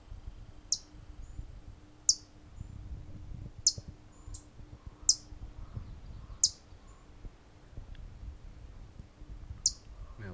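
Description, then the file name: Blackpoll warbler repeating short, piercing high chip notes, seven in all, irregularly spaced about half a second to three seconds apart, with a soft low background rumble. "Blackpoll Warbler - Setophaga striata"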